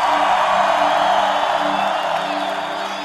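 A large worship crowd shouts and cheers for joy to the King in a loud, sustained roar of many voices, with scattered whoops rising above the steady wash of noise before it eases slightly.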